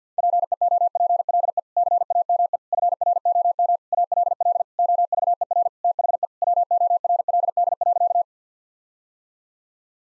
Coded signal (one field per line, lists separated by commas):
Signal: Morse code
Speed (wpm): 50 wpm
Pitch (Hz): 700 Hz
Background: none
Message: PEOPLE CAME FROM ALL OVER THE WORLD.